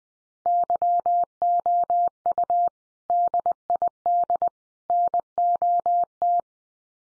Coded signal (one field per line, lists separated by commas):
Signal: Morse code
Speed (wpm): 20 wpm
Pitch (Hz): 700 Hz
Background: none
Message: YOU DID NOT